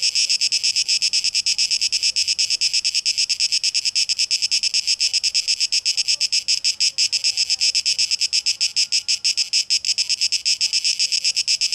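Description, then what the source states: Shrill cicada buzzing, chopped into quick repeated pulses that hold steady throughout, with little else audible. Cicadas recorded on 12 August 2023, tape echo mix.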